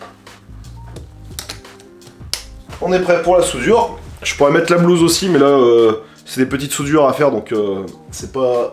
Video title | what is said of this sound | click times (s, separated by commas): ► MES DEUX CAGOULES DE SOUDURE 3M Speedglas La G5-01 ET G5-02 | le dos donc ça ça se clipse derrière on | 2.3 s